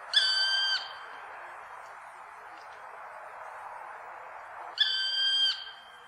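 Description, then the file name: Black woodpecker calls twice, each a long, even, mournful whistled note of under a second, the two spaced about four seconds apart, with faint background hiss. "svartspett"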